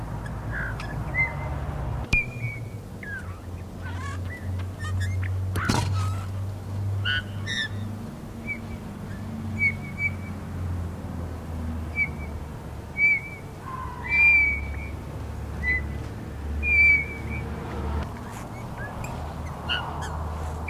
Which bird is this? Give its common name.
Eurasian Bullfinch